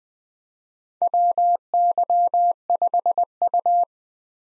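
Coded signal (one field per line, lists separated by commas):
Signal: Morse code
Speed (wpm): 20 wpm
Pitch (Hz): 700 Hz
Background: none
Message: WY5U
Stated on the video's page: Morse head-copy drill of US 4-character call signs at 20 wpm, each sent twice.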